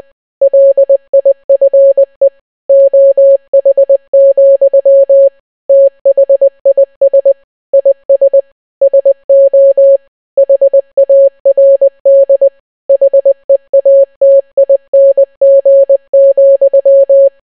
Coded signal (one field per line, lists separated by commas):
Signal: Morse code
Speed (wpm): 20 wpm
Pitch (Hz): 550 Hz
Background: none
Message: LIFE OH, THIS IS SO HARD HEATING,